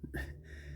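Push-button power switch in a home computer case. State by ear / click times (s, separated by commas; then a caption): not seated / none. The cracked, broken original 4PDT push-button power switch of a Tandy Color Computer is pressed, and its damaged mechanism gives no click and does not latch. A faint soft tap comes at 0.0 s, followed by a brief broadband rustle around 0.1 to 0.3 s over a steady low hum. Nothing has clicked or latched.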